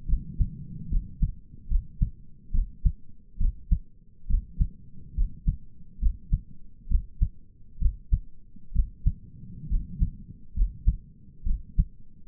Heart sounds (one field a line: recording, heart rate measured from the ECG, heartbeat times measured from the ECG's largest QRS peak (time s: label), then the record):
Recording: heart sounds by stethoscope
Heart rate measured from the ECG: 69 bpm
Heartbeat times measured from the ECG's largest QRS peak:
0.08 s: heartbeat
0.91 s: heartbeat
1.70 s: heartbeat
2.54 s: heartbeat
3.40 s: heartbeat
4.29 s: heartbeat
5.17 s: heartbeat
6.01 s: heartbeat
6.90 s: heartbeat
7.81 s: heartbeat
8.75 s: heartbeat
9.70 s: heartbeat
10.56 s: heartbeat
11.46 s: heartbeat
From the record:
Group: healthy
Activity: rest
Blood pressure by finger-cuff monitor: 99/63 mmHg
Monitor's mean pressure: 74 mmHg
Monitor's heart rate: 69 bpm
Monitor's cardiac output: 6.1 L/min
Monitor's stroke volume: 89 mL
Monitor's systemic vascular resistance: 870 dyn s/cm5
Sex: male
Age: 22 years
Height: 181 cm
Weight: 79 kg